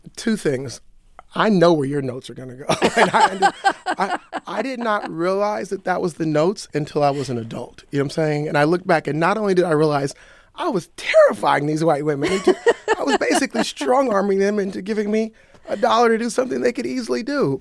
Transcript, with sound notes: Two things - I know where your notes are going to go. (LAUGHTER) I did not realize that that was the notes until I was an adult, you know what I'm saying? And I look back and not only did I realize I was terrifying these white women into - I was basically strong-arming them into giving me a dollar to do something they could easily do.